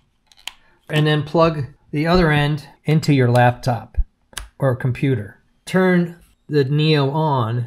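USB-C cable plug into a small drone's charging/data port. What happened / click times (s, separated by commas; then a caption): The USB-C plug seated in the port / 0.5 s. The USB-C plug of the data cable supplied with the DJI Neo drone is pushed into the drone's USB-C port, and a sharp click at 0.5 s shows it seating. After that, someone talks for the rest of the clip.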